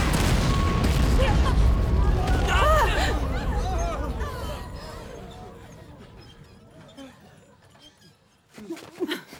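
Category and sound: sound effect, explosion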